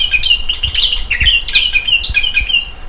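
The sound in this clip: Bird calls: bright, chirping notes, repeated quickly throughout, with a few soft low thumps underneath.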